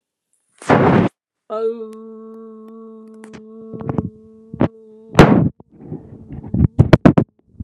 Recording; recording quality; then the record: sustained vowel as in boot; moderate, slight background noise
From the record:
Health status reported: healthy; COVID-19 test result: negative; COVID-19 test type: RT-PCR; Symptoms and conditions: cough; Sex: female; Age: 47 years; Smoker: no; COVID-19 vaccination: both doses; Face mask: not worn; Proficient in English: yes